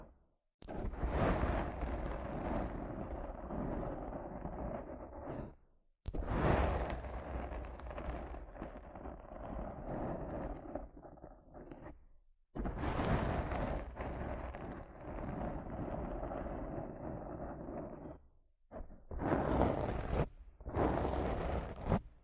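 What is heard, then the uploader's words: Rough scratching and brushing against a microphone in long dense bursts of several seconds, broken by brief silences near 6, 12.5 and 19 seconds. Rough Mic Scratching & Brushing (No Talking).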